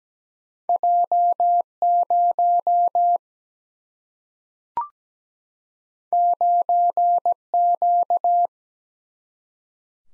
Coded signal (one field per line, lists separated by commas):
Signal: Morse code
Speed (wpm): 17 wpm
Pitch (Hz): 700 Hz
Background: none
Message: J 0 9 Q